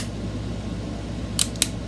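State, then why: Seated. The bolt of a Crosman 150/157 CO2 air pistol is cocked back against its hammer sear over a steady low hum, giving two sharp, bright clicks at 1.4 s and 1.6 s. The second click latches the bolt at full power.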